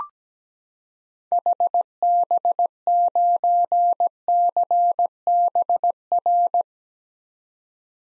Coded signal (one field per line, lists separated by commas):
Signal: Morse code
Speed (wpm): 17 wpm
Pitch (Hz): 700 Hz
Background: none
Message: HB9CBR